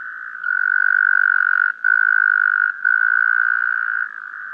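Taipei tree frog calling: a long, steady buzzing trill on one pitch, broken by two brief pauses, with the rapid pulses running on for seconds at a time.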